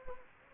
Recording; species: mosquito wingbeat signal from an infrared sensor; Anopheles gambiae